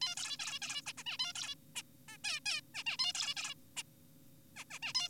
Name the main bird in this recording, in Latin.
Taeniopygia guttata